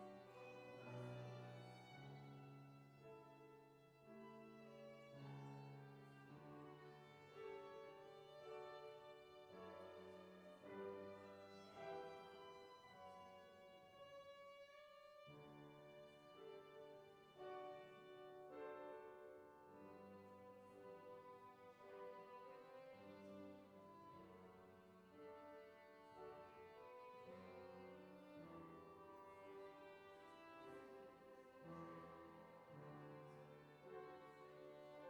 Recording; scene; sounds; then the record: everyday scene through a hearing-aid microphone; reverberant space; music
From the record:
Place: church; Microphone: behind the ear, left, rear